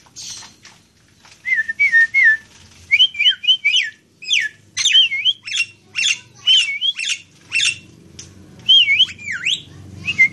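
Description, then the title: Nias hill myna song with wavering, warbled whistles alternating with harsh squawky bursts, a faint low hum behind. Loud, vigorously singing bird used as a model for training other songbirds (masteran). "Burung Jalak Nias Gacor Suara Super Gledek Untuk Masteran"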